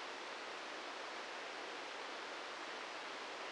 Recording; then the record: brain microelectrode recording played as sound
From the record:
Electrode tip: inside the subthalamic nucleus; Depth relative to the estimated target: -3 mm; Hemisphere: right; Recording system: NeuroSet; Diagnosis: Parkinson's disease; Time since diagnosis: 13 years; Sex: male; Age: 65 years